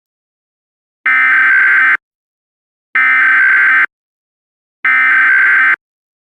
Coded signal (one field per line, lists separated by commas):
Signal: Emergency Alert System (SAME) tones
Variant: header bursts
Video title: "ATTACK OF THE TURKEYS" [INVASION EAS SCENARIO]